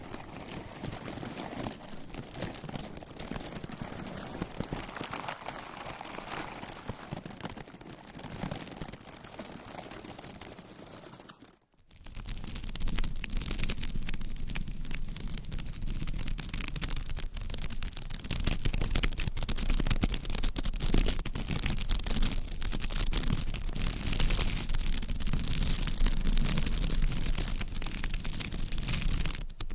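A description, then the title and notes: Dense, continuous scratching and tracing across a surface, with many quick ticks and taps running through it. Around eleven seconds it cuts out almost to silence, then resumes louder and rougher, with a fuller low rumble beneath the grainy scraping until the end. ASMR Surface Scratching - Tapping - Tracing.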